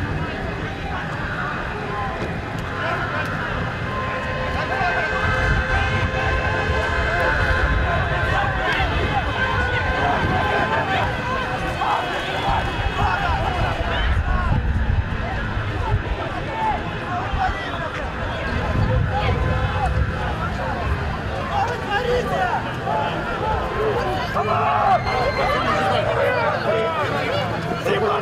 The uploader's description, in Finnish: aitoja, dokumentaarisia ääniä, jotka on nauhoitettu Valkovenäjällä meneillään olevissa mielenosoituksissa